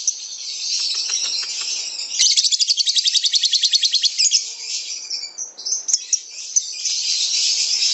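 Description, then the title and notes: Lovebird song, a loud rapid trill of evenly spaced pulses for about two seconds, framed by shrill chattering. Lovebird singing the long trilling 'ngekek' style, offered as a lure song (kicau pancingan) and described as a master song. "suara Master Kicau Lovebird ngekek, kicau pancingan"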